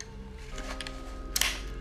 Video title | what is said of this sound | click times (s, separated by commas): KING ARMS BLASER R93 LRS1 ULTRA GRADE / UNBOXING AND ASSEMBLY | there you go there's a click | 1.4 s